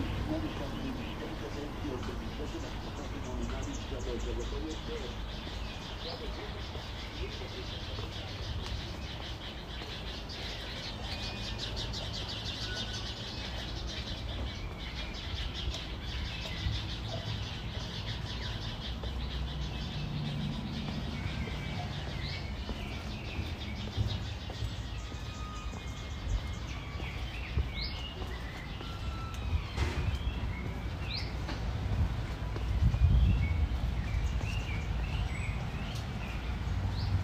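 A walk through Ramat Aviv, Israel, with a steady low rumble of traffic running throughout. Faint birdsong and scattered voices drift over the hum, and around the thirty-second mark a louder passing vehicle swells briefly before easing off.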